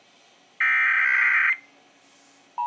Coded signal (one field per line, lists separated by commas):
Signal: Emergency Alert System (SAME) tones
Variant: header bursts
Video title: Nationwide FEMA EAS Test 10-04-23